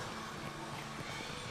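Only steady background rumble and faint tones from 0.0 to 1.5 s; no latch click yet.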